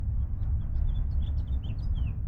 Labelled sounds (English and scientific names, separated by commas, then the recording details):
House Finch (Haemorhous mexicanus) song
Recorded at Neponsit on Long Island, New York, on 4 June 1975
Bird B